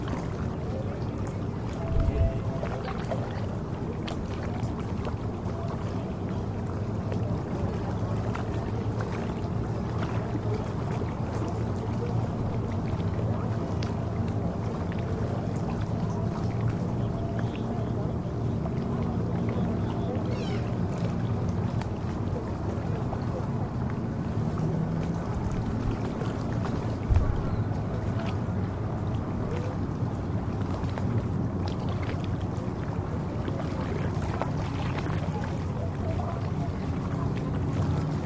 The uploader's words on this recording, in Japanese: 入り江にて 水の音 カヤックの練習。シドニー郊外の入り江にて 波の打ちつける音 カヤックの練習をする学生 指導員の掛け声とボートの音 そして風の音 ステレオ音声でお楽しみください。DR-07X #TASCAM。